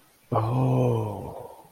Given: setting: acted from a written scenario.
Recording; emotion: vocal sound without words; ecstasy